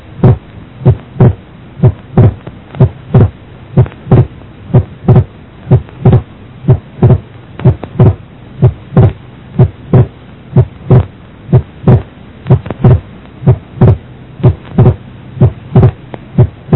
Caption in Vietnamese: Trong block nhánh phải, do khử cực thất phải chậm hơn thất trái, làm van động mạch phổi đóng muộn. Hai thành phần của tiếng thứ hai tách đôi càng xa nhau khi bệnh nhân hít sâu vào. Đây là đặc điểm quan trọng để chẩn đoán.